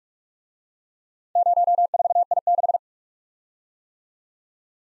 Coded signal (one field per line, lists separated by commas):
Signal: Morse code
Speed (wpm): 51 wpm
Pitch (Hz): 700 Hz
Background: none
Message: 04I6